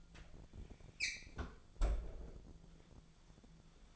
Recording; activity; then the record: daily activity, microphone in the room; close fridge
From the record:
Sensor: 5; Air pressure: 1000.2 hPa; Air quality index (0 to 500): 101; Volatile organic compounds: 1 ppm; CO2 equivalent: 817 ppm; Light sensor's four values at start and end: 245/579/249/273 and 241/570/245/269